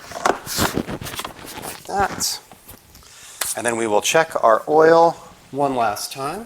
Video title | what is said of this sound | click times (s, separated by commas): IG344 2020 Mercedes SLC300 B service | that goes here and this just snaps into place like | 0.3 s